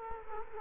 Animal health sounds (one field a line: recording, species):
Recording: mosquito wingbeat signal from an infrared sensor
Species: Culex quinquefasciatus